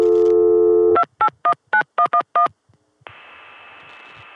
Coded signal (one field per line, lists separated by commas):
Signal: DTMF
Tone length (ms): 90 ms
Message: 2819111